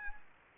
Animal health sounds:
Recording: mosquito wingbeat signal from an infrared sensor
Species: Anopheles arabiensis

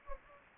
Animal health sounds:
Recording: mosquito wingbeat signal from an infrared sensor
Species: Anopheles gambiae

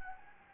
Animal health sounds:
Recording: mosquito wingbeat signal from an infrared sensor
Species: Anopheles gambiae

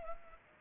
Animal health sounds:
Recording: mosquito wingbeat signal from an infrared sensor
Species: Culex pipiens

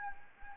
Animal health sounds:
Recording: mosquito wingbeat signal from an infrared sensor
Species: Anopheles gambiae

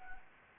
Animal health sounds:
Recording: mosquito wingbeat signal from an infrared sensor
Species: Anopheles gambiae

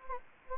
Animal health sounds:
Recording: mosquito wingbeat signal from an infrared sensor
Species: Anopheles gambiae

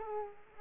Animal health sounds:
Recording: mosquito wingbeat signal from an infrared sensor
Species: Culex quinquefasciatus

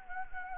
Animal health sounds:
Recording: mosquito wingbeat signal from an infrared sensor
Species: Anopheles gambiae

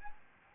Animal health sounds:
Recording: mosquito wingbeat signal from an infrared sensor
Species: Aedes albopictus

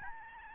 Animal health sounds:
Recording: mosquito wingbeat signal from an infrared sensor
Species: Aedes albopictus

